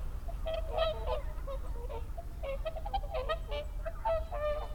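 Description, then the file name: Whooper swans honking in quick overlapping calls, nasal and bugle-like, several birds together, with low background rumble. Recorded 30 December 2009. "20091230 oohakutyo"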